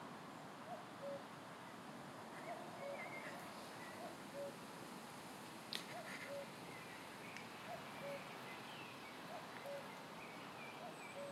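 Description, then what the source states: Cuckoo calling steadily, a two-note descending cu-ckoo every couple of seconds, with other small birds chirping and whistling in the background. Cuckoo calling in an orchard.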